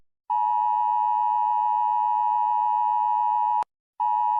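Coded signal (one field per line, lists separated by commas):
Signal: Emergency Alert System (SAME) tones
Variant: 853 and 960 Hz attention tone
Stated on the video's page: EAS alarm tones of unknown origin, possibly fake.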